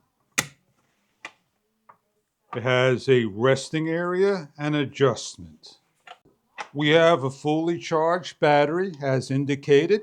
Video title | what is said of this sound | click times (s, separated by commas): DocSmart Cordless Leaf Blower 2x4.0Ah Battery Powered Electric Leaf Blower with Noise-Reduction Ear | is for the battery. But before the battery, we could put the strap that locks into place on the top. | 0.4 s